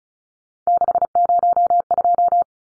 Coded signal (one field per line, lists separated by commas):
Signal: Morse code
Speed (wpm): 34 wpm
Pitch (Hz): 700 Hz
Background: none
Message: 602